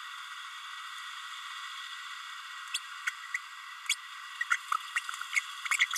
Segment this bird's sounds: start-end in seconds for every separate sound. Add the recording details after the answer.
2.74-2.79, 3.06-3.10, 3.34-3.38, 3.89-3.95, 4.50-4.57, 4.96-4.99. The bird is a female. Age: 30 days. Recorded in a nest box in Venezuela. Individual 17B32A7